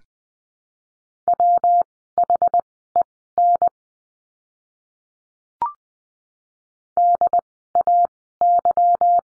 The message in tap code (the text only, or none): none